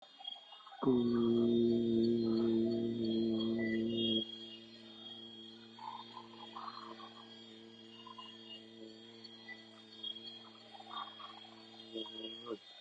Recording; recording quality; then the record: sustained vowel as in boot; moderate, slight background noise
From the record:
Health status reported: healthy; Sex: male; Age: 25 years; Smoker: no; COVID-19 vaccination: both doses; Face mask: worn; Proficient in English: yes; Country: India